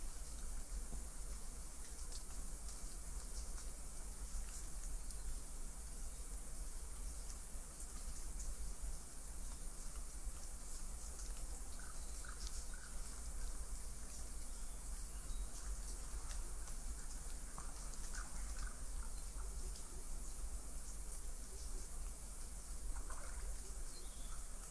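A steady, dense outdoor wash fills woods near a hot spring, with a deep low rumble and a bright hiss that never let up. Faint bird calls peep through now and then, mostly in the second half.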